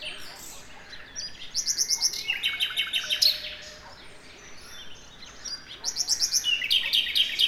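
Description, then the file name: Common nightingale song: bursts of quick, evenly repeated notes and buzzy trills, a quieter gap in the middle, then another run of rapid pulsed notes. "Luscinia megarhynchos"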